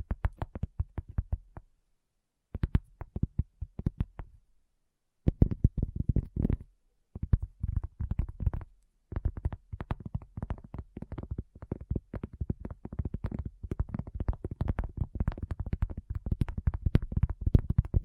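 Rapid ASMR tapping in quick bursts separated by short silences early on, becoming a dense, nearly continuous patter of crisp, sharp taps.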